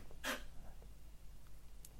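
A single short, explosive burst of air near the start, a dog's sneeze, followed by quiet with a steady low hum and a few faint clicks in the background.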